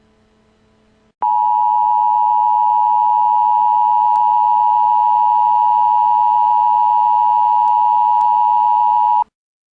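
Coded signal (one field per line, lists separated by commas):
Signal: Emergency Alert System (SAME) tones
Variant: 853 and 960 Hz attention tone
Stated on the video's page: Fictional EAS scenario.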